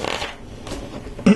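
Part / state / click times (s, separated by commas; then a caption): plastic brick part clipped onto a clip element of a toy truck model / seated / 1.3 s. A plastic LEGO brick part is clipped onto a clip element of a LEGO City Fire Utility Truck model (set 60111) during the build. Faint handling and rustling sounds are followed by a sharp plastic snap at 1.3 s as the part clips on and is seated.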